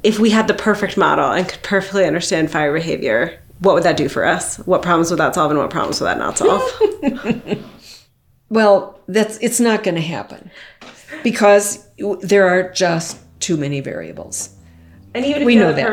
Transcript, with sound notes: If we had the perfect model and could perfectly understand fire behavior, what would that do for us? What problems? Without solving what problems that not solve? [laughs]
Well, that's... it's not going to happen [laughs] because... there are just too many variables— [bass begins building in background]
And even if—
—we know that.